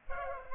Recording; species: mosquito wingbeat signal from an infrared sensor; Culex pipiens